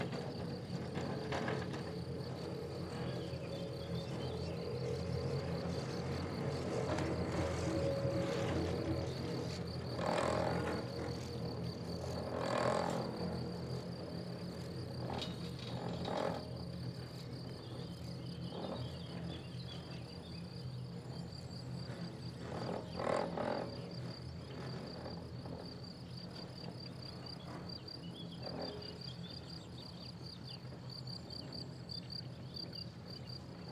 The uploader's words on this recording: Chair lift to the Wolzenalp, Switzerland. The slow journey from the valley to the mountain.